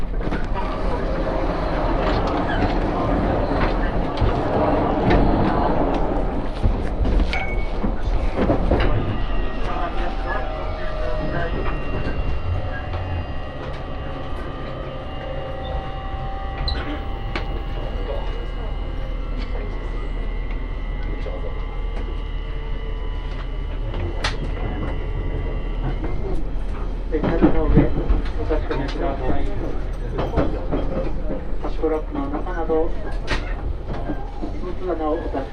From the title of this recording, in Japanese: 鉄道旅 佐賀→博多→中洲川端→呉服町